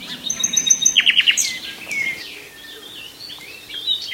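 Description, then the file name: Common nightingale: a brief run of quick repeated notes opening with thin high whistles, followed by quieter chirps from other birds. "Nachtegaal"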